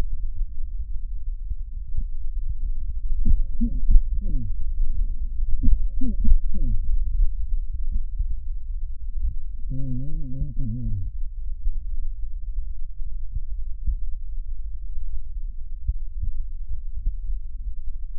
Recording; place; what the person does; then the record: lung sounds by stethoscope; right posterior basal chest; quiet breathing, then cough and speech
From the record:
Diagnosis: interstitial lung disease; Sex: male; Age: 66 years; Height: 164 cm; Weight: 76.2 kg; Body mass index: 28.3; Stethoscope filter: bell mode